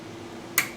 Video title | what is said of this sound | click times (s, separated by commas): The Build for GCP! Computer - Aug 2019 | got it in there I don't you've probably heard that click and this straight in seemed | 0.6 s